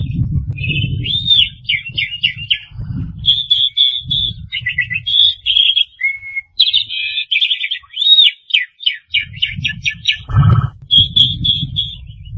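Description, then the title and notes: Starling song with looping whistles, quick rattling trills and short clear notes, one sharp click near the end, over an intermittent low rumble. "suara burung jalak"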